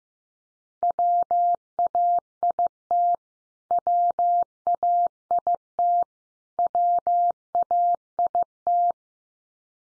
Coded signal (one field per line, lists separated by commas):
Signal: Morse code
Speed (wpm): 15 wpm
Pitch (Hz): 700 Hz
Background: none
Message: WAIT WAIT WAIT